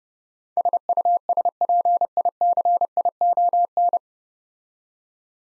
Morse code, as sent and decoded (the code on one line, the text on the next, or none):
... ..- ... .--. .. -.-. .. --- -.
SUSPICION